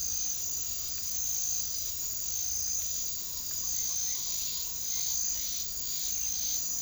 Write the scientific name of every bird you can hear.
none